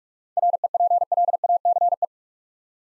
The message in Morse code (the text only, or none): REPLACE